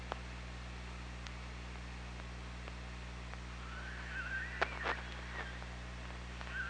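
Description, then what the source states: Killer whale call, a rising then level tonal sweep near the end, with sharp clicks and a steady low underwater hum. Recorded on an OrcaLab hydrophone, 24 August 2017 at 07:23:45.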